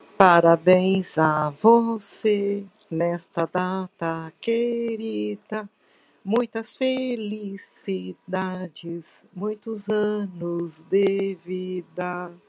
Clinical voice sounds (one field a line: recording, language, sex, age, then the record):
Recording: short text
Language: Brazilian Portuguese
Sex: female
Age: 60 to 69 years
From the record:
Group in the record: control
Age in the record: 66 years